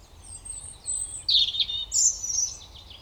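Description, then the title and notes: European robin song opens with thin high drawn-out whistles, then breaks into rapid, sparkling twittering runs that fade away. Koniówka, Lesser Poland, Poland; Zoom F3 recorder with Usi Pro drop rig. "Koniówka, województwo małopolskie, Polska - Robin, King of the Petland. Recordist: Maciej Wirmański"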